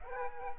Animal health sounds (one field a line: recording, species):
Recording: mosquito wingbeat signal from an infrared sensor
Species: Aedes aegypti